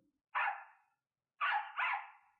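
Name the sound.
dog barking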